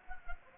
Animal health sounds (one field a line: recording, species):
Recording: mosquito wingbeat signal from an infrared sensor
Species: Anopheles arabiensis